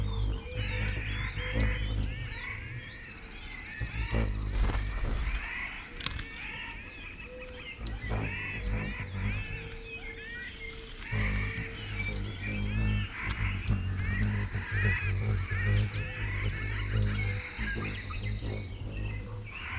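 Outdoors in Pipestone Canyon, Eastern Washington, a dense, busy chorus of small animal chirps and twittering calls fills the full twenty seconds. A steady low hum runs underneath, with scattered sharp ticks, and thin high-pitched calls join near the end.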